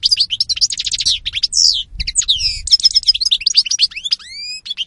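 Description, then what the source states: European goldfinch song, continuous and lively, with fast chirping runs, sharp trills, a brief harsh buzz and several upward-sweeping whistled notes. Spanish goldfinch lure call (reclamo).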